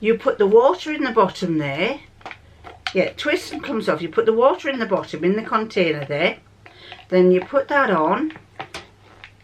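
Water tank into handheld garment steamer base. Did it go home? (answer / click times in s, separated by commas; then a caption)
yes / 8.8 s, 9.2 s. Someone talks while the filled plastic water container of a handheld garment steamer is refitted to the bottom of the unit. Short hard clicks sound at 8.8 s and 9.2 s as the tank locks in place.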